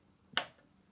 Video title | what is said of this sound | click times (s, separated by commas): 7th Gr. Sewing 101 CFMS | and if we hear that click now we know our bobin cover is in | 0.4 s